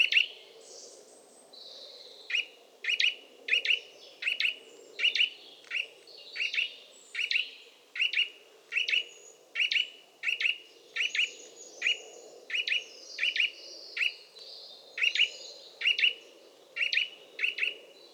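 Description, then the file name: Eurasian nuthatch calling with a long, steady, rapid series of sharp double chirps, with faint higher twittering and background noise. "Sitta europaea"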